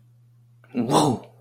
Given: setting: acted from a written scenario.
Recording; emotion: vocal sound without words; awe